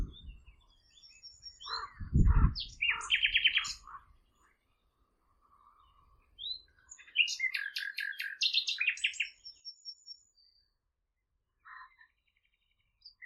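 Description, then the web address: Bird song in two bursts of varied chirps and rapid trills, with a low thump in the first burst and a short note near the end. "Bird Only"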